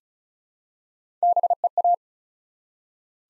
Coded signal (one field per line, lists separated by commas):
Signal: Morse code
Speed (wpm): 36 wpm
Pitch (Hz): 700 Hz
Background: none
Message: BEA